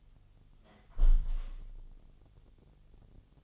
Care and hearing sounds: daily activity, microphone in the room; close window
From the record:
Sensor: 4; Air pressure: 1015.7 hPa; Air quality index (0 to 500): 113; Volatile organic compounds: 2 ppm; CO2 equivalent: 1269 ppm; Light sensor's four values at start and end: 9/20/8/8 and 9/20/8/7

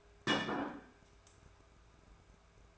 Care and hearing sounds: daily activity, microphone in the room; place plate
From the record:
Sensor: 2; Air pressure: 1014.9 hPa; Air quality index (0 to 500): 205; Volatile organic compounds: 20 ppm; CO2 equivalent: 2705 ppm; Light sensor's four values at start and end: 13/32/13/14 and 14/34/14/15

